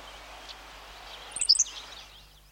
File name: henslowssparrow